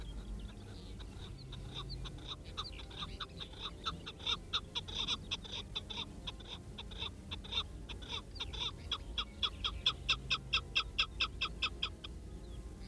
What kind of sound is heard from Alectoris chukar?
call